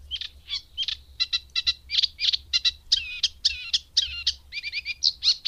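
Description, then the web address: Eurasian reed warbler song, a hurried chatter of harsh, grating notes repeated in twos and threes, with a few fuller churring phrases mixed in; faint low hum beneath. "Madardalok Cd 3 Cserregő nádiposzáta"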